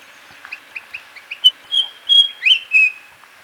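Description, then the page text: White-browed fantail song: soft, rapid high notes building into several clear whistled notes, some level and some rising, spaced about a third of a second apart. "White-Browed Fantail Song - Quick Sounds"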